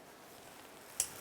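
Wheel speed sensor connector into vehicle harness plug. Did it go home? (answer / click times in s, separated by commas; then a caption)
yes / 1.0 s. The electrical connector of a rear wheel speed sensor on a 2005–2010 Jeep Grand Cherokee is lined up and pushed onto its mating plug on the vehicle harness. After a quiet, steady background, a single short, sharp click sounds at 1.0 s. The click shows the connector has locked and is fully seated.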